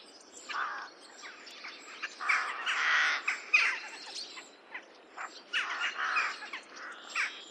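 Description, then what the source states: Rooks giving croaking caws in irregular bursts, several birds calling at once. Rookery, a breeding colony in the UK.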